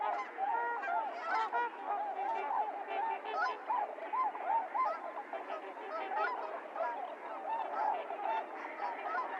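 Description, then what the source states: Trumpeter swans calling in a busy group, brassy honks rising and dipping in quick succession without pause. Recorded 28 January 2022; low-cut filtered; several swans.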